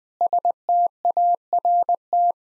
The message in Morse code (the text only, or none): START